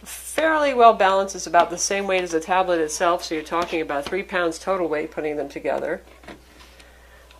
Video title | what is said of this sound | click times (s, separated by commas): Lenovo IdeaTab Lynx Review | drops in like so you hear it lock in firmly | 7.3 s